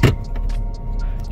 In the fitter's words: you twist and it locks in place